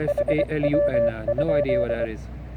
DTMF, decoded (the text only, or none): none